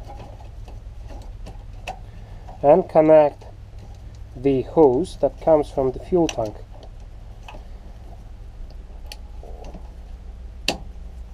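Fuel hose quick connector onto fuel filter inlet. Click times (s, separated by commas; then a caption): 10.7 s. On a diesel Nissan X-Trail T31, the fuel supply hose's quick-connector from the tank is pushed onto the new fuel filter's inlet nipple, with faint ticks and someone talking over a low steady hum. A sharp, loud click at 10.7 s marks the connector latching, and the hose is seated.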